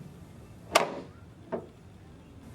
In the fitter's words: Place the hose guide system into the opening of the handle and snap into place.